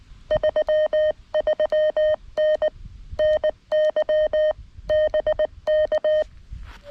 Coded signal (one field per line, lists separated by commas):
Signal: Morse code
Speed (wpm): 19 wpm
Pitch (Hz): 620 Hz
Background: none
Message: 33N NY BK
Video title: CW POTA at K-5221 with my lightweight complete QRP field activation kit